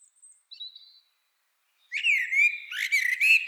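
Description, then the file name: Eurasian blackbird song phrase: a few faint high thin notes, a pause, then a loud warbled, fluting phrase with buzzy, twittering high notes over the final second and a half. "Turdus merula"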